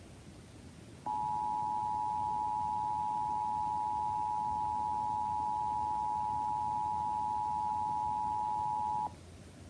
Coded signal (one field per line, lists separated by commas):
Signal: Emergency Alert System (SAME) tones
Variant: 853 and 960 Hz attention tone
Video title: EAS FLW (From ILN) 3/5/26 7:47 PM EST (Credit Goes To @SouthernPennsylvaniaWX/@KanawhaCountyWX)